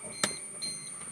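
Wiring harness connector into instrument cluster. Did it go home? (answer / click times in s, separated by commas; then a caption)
yes / 0.2 s. A wiring harness plug is reconnected to the removed instrument cluster of a Celerio car, and its locking tab is set so the connector locks in correctly. A short, sharp broadband hit at 0.2 s, which may be the cluster's beep rather than the latch click, stands over steady high-pitched tones that continue throughout, with a softer swell around 0.6 s. The connector is seated and locked.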